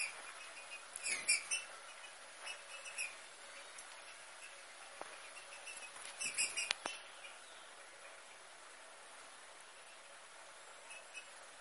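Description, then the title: Green-winged saltator giving faint, scattered chirps mixed with clicks and rustling, then a long quiet stretch. Female, caged in an aviary, warming up. "fêmea de Trinca-ferro esquentando no viveiro"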